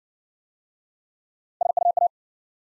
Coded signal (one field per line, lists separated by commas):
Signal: Morse code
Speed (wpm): 56 wpm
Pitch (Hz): 700 Hz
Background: none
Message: SUA